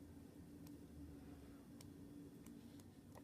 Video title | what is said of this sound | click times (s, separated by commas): Fritzframe iphone 5 5S case and fritzframe clicks review | and while you're turning you can actually hear it like clicking into place in each position | 0.7 s, 1.8 s, 2.5 s, 2.8 s, 3.2 s